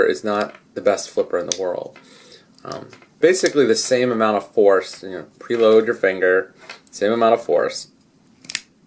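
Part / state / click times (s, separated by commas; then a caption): knife blade into its open lock / seated / 8.5 s. A folding knife is flipped open by its flipper tab while someone talks, and the blade swings slowly out and locks open at 8.6 seconds with a weak, soft click. The lockup lacks the crisp snap of a knife that snaps firmly into place.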